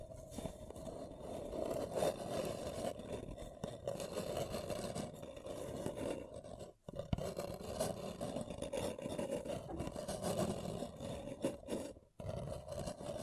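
Paper cup tingles: a dense, continuous scratching and rubbing with a steady low-mid tone, broken by two brief silences near 7 and 12 seconds.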